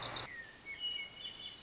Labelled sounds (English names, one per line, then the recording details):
Wilson's Warbler
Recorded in Sonoma County, California